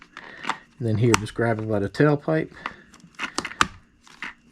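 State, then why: Seated. The plastic battery tray of a Losi Promoto RC motorcycle is pushed all the way into its frame while someone talks, with a few light taps and handling noises before it. A sharp click at 3.6 s is the aftermarket latch locking the tray in place.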